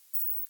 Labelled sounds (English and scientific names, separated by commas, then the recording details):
Hazel Dormouse (Muscardinus avellanarius) call
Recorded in the wild
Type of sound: call
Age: pup
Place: Jena, Thüringen, DE
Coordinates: 50.9126, 11.5262
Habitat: Nestbox
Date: 2023-06-25
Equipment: audiomoth
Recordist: Nüske, Jörg
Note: Schwarzer Graben (oben): Rufe von Jungtieren